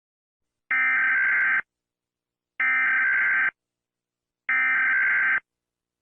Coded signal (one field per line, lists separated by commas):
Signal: Emergency Alert System (SAME) tones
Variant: header bursts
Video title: Fire In Texas (EAS scenario [READ DESCRIPTION])